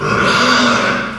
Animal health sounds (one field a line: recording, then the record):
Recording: squeal of a Yucatan mini pig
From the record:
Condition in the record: after surgery on the right vocal fold (resection and tissue-engineered implant)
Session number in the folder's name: 15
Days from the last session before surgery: 175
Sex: female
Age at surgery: 19 weeks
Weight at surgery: 25 kg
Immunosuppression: prednisolone